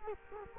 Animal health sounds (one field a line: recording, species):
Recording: mosquito wingbeat signal from an infrared sensor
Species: Culex quinquefasciatus